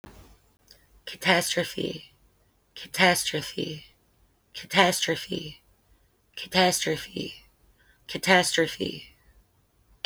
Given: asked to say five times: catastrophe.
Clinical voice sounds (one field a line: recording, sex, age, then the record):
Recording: repeated word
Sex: female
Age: 40 to 49 years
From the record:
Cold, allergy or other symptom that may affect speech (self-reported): yes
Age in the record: 41 years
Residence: Kentucky, United States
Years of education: 17